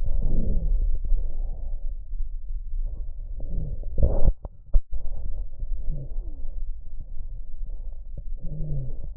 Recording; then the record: lung sounds by stethoscope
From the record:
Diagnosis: chronic bronchitis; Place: left posterior upper chest